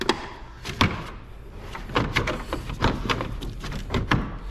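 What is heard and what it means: The plastic front grille of a Ford Ranger is pressed into the vehicle's front end along the rest of its edge, and the remaining grille clips snap home with sharp clicks at 0.1, 0.8, 2.0, 2.8, 3.1 and 4.1 seconds. The grille ends up seated.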